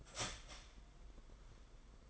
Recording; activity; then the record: daily activity, microphone in the room; start toaster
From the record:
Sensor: 5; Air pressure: 990.8 hPa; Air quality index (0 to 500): 146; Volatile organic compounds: 134 ppm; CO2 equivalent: 3950 ppm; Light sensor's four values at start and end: 40/124/47/51 and 40/124/47/51